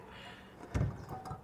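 A hand riveter is squeezed on a plastic poly rivet fastening a splash guard to the wheel arch of a 2020 Dodge Charger Scat Pack Widebody. A sharp snap is heard at 0.8 s as the rivet breaks, with faint handling sounds after it. The poly rivet is set and the splash guard is fastened.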